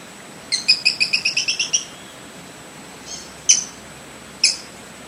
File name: canto do catraca